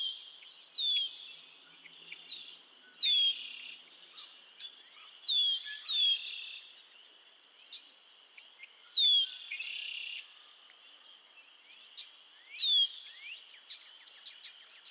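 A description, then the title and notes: A chorus of frogs at Miners Marsh trills in a steady high band, with louder bursts rising out of it every few seconds. Short sweeping chirps and quick clicks pop in between, and the low end stays quiet throughout. Theraphonia - Frogsong at Miners Marsh. A chorus of frogs croon to one another on an idyllic summer evening in Miners Marsh, Annapolis Valley, Nova Scotia.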